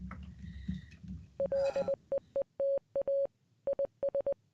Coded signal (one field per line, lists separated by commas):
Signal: Morse code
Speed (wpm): 20 wpm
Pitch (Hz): 550 Hz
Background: none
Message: LEETA IS